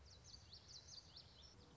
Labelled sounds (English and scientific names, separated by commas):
Common Yellowthroat (Geothlypis trichas)